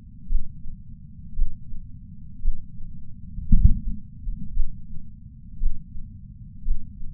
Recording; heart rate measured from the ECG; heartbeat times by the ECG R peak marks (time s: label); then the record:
heart sounds by patch sensor on the chest; 57 bpm
0.27 s: heartbeat
1.35 s: heartbeat
2.41 s: heartbeat
3.65 s: heartbeat
4.53 s: heartbeat
5.59 s: heartbeat
6.64 s: heartbeat
From the record:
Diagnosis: coronary artery disease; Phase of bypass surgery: intraoperative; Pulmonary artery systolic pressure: 26 mmHg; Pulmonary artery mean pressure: 20 mmHg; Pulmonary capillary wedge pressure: 11 mmHg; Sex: female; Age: 69 years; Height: 148 cm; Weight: 51 kg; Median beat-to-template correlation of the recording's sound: 0.86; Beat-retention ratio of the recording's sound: 0.99